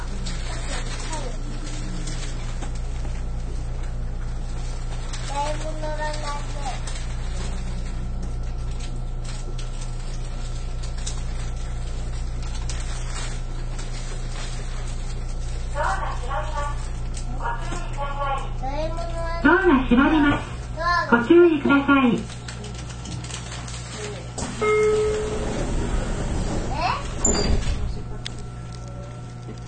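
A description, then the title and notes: Aboard a Nippou line local train, a steady low rumble and hum run underneath the whole recording. Faint voices appear early on, then louder talking comes in bursts between about 16 and 23 seconds, followed by a short rising noise near 27 seconds. JR九州 813系 中津から西小倉まで. 813系電車の走行音. 日豊線の普通列車で収録しました。 ワンマン運行です。 It was recorded with Nippou line's local train.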